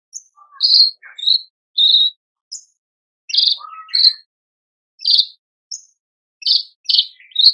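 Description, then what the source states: Horsfield's bush lark pouring out varied high chirps, short whistles and a few lower slurred notes in an irregular, energetic sequence. Masteran tutor recording for training caged birds; described as super gacor, singing persistently.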